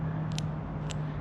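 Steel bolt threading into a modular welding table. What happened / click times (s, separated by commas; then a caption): The bolt's thread ends dropped past each other, so the threads are aligned / 0.4 s, 0.9 s. A steel bolt is turned backwards (counter-clockwise) in a fixture hole of a modular welding table until the thread ends drop past each other. Small clicks are heard at 0.4 s and 0.9 s over a steady low hum. The clicks mean the threads are lined up and ready to be turned forward.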